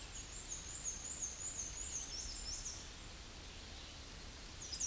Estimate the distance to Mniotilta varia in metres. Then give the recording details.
about 25 m. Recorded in a Pennsylvania forest on 18 May 2023 at 08:32. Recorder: AudioMoth, point grid1_9_low. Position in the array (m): 87 m, 93 m